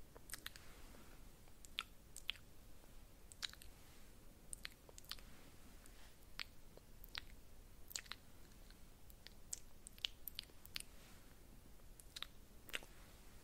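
Wet mouth sounds and nibbling clicks pop out irregularly, several per second, over a soft, steady low rustle.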